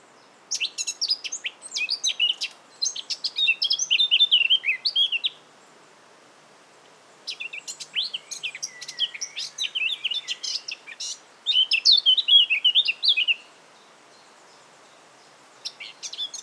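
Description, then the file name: Eurasian blackcap singing: rapid, scratchy warbled phrases of a few seconds, each ending in clearer fluting notes, separated by short pauses, over a light background hiss. "Sylvia atricapilla"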